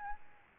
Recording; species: mosquito wingbeat signal from an infrared sensor; Aedes albopictus